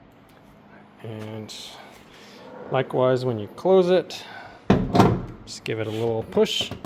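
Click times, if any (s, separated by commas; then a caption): 4.7 s. Someone talks as the rear engine lid on a classic Ghia car body is closed with light hand pressure. The metal latch catches with a sharp click at 4.7 s, followed by a second thunk at about 5.0 s, and the lid is latched shut.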